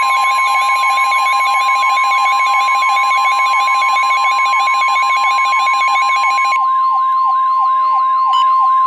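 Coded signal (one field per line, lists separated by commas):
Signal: Emergency Alert System (SAME) tones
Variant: 1050 Hz attention tone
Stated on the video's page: Severe thunderstorm warning EAS tones from NOAA weather radio station in Milwaukee, WI.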